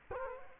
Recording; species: mosquito wingbeat signal from an infrared sensor; Culex quinquefasciatus